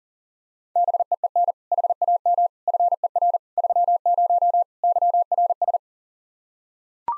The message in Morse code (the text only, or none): BEEN HAM FER 30 YRS